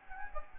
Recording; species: mosquito wingbeat signal from an infrared sensor; Anopheles gambiae